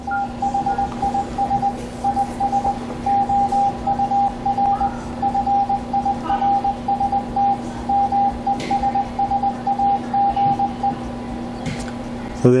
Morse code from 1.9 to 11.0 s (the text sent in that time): IS OUR FIRST MESSAGE